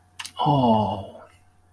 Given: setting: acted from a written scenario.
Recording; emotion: vocal sound without words; sympathy